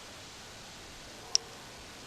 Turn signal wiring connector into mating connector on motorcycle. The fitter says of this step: metal tab that when clicked in you'll hear it